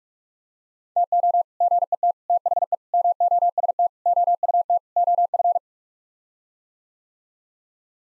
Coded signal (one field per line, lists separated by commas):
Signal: Morse code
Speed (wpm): 46 wpm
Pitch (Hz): 700 Hz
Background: none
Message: TO GET THE MOST OUT OF